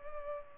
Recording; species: mosquito wingbeat signal from an infrared sensor; Culex pipiens